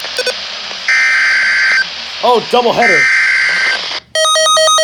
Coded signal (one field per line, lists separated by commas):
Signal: Emergency Alert System (SAME) tones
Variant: header bursts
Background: speech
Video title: (DOUBLE HEADER!!) Severe Thunderstorm Warning and Severe Weather Statement (EAS #142-143)